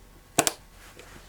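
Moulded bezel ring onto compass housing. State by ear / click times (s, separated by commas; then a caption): seated / 0.4 s, 0.5 s. The moulded plastic bezel ring of a Suunto M3 baseplate compass is pressed down firmly onto the compass housing during reassembly. Two sharp snaps ring out at 0.4 s and 0.5 s as the ring clicks and seats in place, followed by a faint soft tick near 1.0 s.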